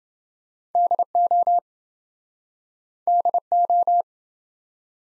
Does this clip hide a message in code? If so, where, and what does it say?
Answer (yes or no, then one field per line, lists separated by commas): yes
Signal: Morse code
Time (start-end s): 0.7-4.0 s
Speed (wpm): 29 wpm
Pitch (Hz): 700 Hz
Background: none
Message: DO DO